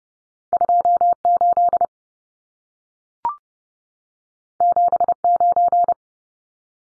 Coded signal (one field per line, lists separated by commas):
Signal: Morse code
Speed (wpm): 30 wpm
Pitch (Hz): 700 Hz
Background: none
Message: 28 79